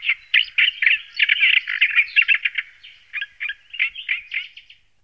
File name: sedmihlásek-olivový